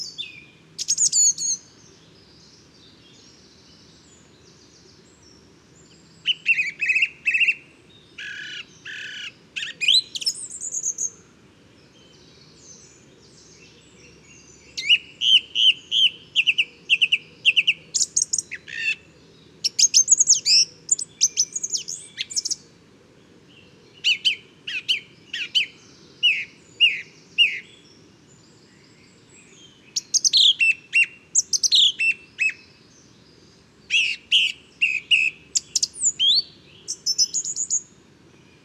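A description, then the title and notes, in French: A song thrush sings loud, bright phrases, each short burst of notes repeated in quick runs with brief pauses between groups. The song comes in clusters through the whole recording over a steady, low background rumble. Bois de chateau serein - 22 - Nagra seven - Telinga pro7. Le jour vient à peine de se lever et depuis quelques minutes j'enregistre une magnifique Grive musicienne (Turdus philomelos) .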